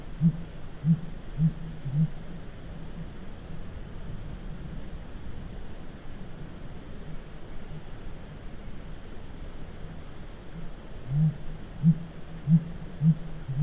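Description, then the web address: Blue grouse low hooting: a series of deep, soft hoots repeated about every half second, one bout at the start and another near the end, over a steady low rumble. North America. "Songs of Birds of North America. Blue Grouse"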